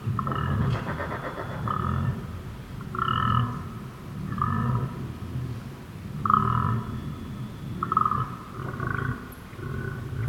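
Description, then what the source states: Koala bellow, a rough, throbbing series of low snorts and grunting exhalations, rising and falling in bursts with brief gaps between. Recorded at night at Emu Creek, Benarkin, on 11 September 2018.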